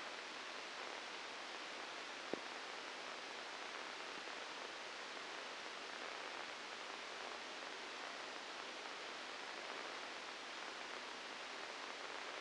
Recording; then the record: brain microelectrode recording played as sound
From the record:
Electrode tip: inside the subthalamic nucleus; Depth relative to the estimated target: 1 mm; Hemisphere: right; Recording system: NeuroSet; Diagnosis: Parkinson's disease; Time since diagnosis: 8 years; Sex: male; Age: 59 years